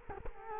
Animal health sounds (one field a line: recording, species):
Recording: mosquito wingbeat signal from an infrared sensor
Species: Culex quinquefasciatus